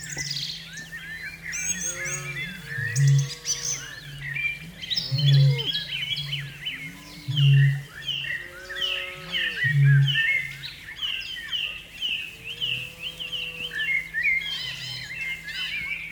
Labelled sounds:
Australasian Bittern (Botaurus poiciloptilus)
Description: Australasian bittern/matuku-hūrepo territorial call
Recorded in New Zealand

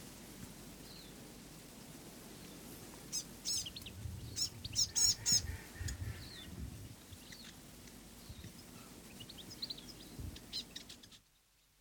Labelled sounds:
New Zealand Fantail (Rhipidura fuliginosa)
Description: Fantail: North Island fantail song
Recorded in New Zealand

